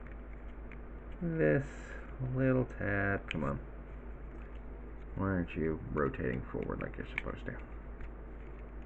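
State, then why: Not seated. Someone works a stubborn plastic toy panel, trying to rotate it forward over a small tab, while talking. Only faint handling ticks and rustles are heard under the talk. The part has not gone home yet, and nothing has seated or clicked.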